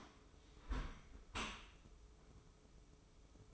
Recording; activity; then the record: daily activity, microphone in the room; close dishwasher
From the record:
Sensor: 1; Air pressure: 995.8 hPa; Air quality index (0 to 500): 60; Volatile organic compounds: 2 ppm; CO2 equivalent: 1194 ppm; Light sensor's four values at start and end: 32/111/43/45 and 32/110/42/45